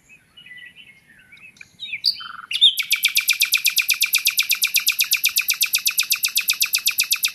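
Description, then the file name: Common nightingale song: a few quiet notes, then a loud, very fast and steady series of repeated notes lasting over four seconds. "Luscinia megarhynchos"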